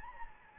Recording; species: mosquito wingbeat signal from an infrared sensor; Anopheles gambiae